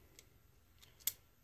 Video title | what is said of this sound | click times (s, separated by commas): Harrington & Richardson 32 S&W Revolver Dissasembly & Reassembly | we go so I just heard I just felt it anyway I heard and felt it so | 1.1 s